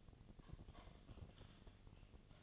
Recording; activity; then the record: daily activity, microphone in the room; typing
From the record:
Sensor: 4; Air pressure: 1010.3 hPa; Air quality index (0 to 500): 179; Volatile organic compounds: 5 ppm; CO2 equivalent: 1818 ppm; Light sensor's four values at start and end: 32/95/37/37 and 32/95/37/37